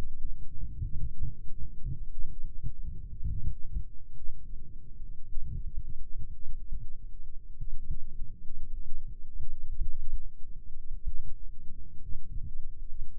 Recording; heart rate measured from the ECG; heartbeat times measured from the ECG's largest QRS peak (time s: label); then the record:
heart sounds by microphone in the left ear; 70 bpm
0.81 s: heartbeat
1.66 s: heartbeat
2.42 s: heartbeat
3.27 s: heartbeat
4.14 s: heartbeat
4.98 s: heartbeat
5.78 s: heartbeat
6.65 s: heartbeat
7.54 s: heartbeat
8.40 s: heartbeat
9.23 s: heartbeat
10.11 s: heartbeat
11.05 s: heartbeat
11.99 s: heartbeat
12.85 s: heartbeat
From the record:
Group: healthy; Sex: female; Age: 22 years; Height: 154 cm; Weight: 58.7 kg